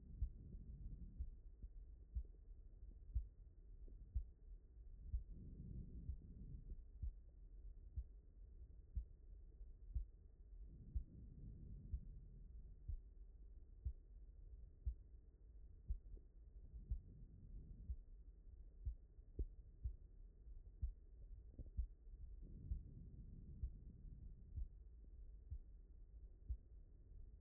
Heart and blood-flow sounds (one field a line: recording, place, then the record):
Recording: heart sounds by stethoscope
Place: pulmonary valve (PV)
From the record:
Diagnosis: non-HFrEF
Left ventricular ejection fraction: 59%